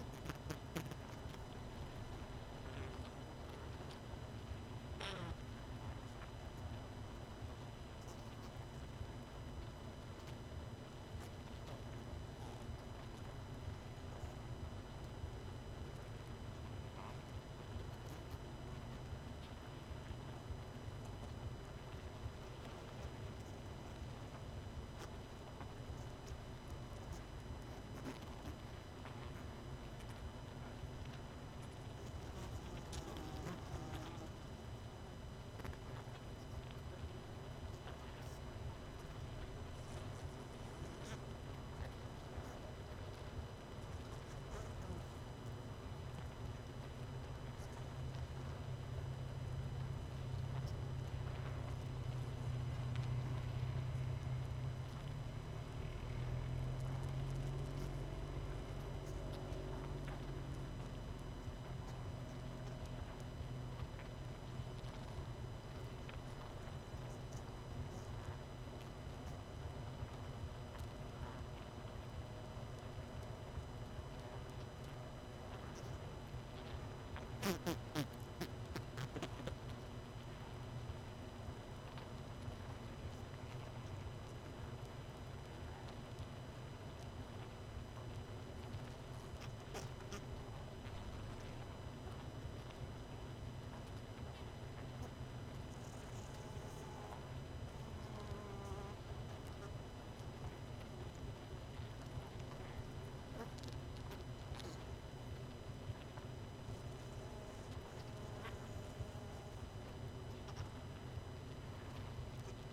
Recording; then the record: honeybee colony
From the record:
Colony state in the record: missing queen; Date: 31 May 2018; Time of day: 21:00